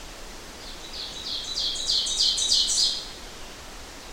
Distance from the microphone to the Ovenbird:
about 15 m